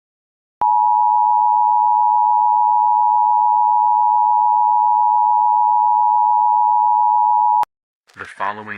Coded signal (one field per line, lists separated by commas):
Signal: Emergency Alert System (SAME) tones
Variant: 853 and 960 Hz attention tone